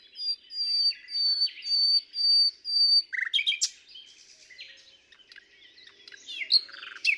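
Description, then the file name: Common nightingale song opening with a series of pure, long whistled notes repeated evenly, followed by a jumble of sharp clicks and scratchy notes. "Luscinia megarhynchos"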